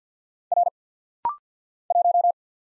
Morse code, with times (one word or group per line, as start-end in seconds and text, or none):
0.5-0.7 R
1.9-2.3 1